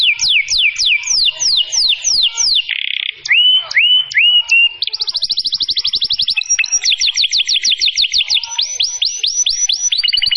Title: Pikat Kenari GACOR PANJANG INI Cocok Untuk Masteran KENARI LIAR